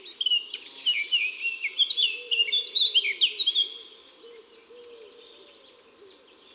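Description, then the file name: Eurasian blackcap song: a rapid run of varied warbled notes for about three seconds, then quieter twittering; soft low arched notes beneath. Woods and forests. "Fauvette a tete noire Chants doiseaux des bois et des forets"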